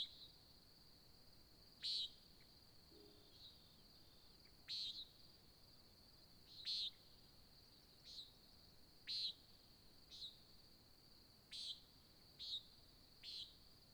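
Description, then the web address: Nighthawks calling: many buzzy peents, some loud and some fainter, in an irregular series, with steady insect buzzing behind. Nighthawk competition, Oregon desert, USA, at dawn, July 2017. "Discover Oregon - American Desert Birds Nighthawk 2017 Sutton July Dawn Nighthawk Competition"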